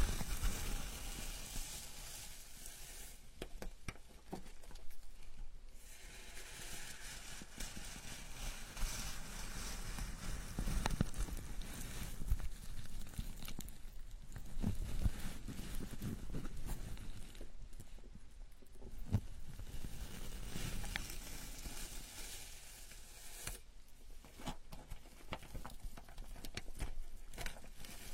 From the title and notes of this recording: Enjoy the ultimate scalp massage, gentle and comfortable.